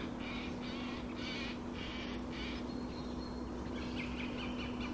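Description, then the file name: Eurasian jay producing five quick grating screeches in a row, followed by softer chattering notes, against a persistent low drone. "Garrulus glandarius"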